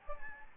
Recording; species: mosquito wingbeat signal from an infrared sensor; Anopheles gambiae